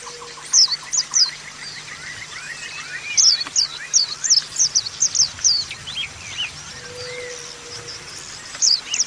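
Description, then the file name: White-eye song of high twittering bursts and slurred whistles over a background hiss, with a faint long tone at the start and again near the end. Caged white-eye, song used as audio therapy for cage birds. "audio-terapi-pleci-7-omkicau"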